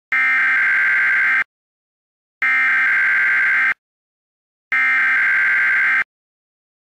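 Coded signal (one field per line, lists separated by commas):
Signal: Emergency Alert System (SAME) tones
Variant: header bursts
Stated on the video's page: Fake EAS child abduction emergency alert.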